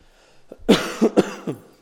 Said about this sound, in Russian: Я иногда буду кашлять, братья, вы к этому снисходите. У меня же какая-то немощь, уже полгода кашляю.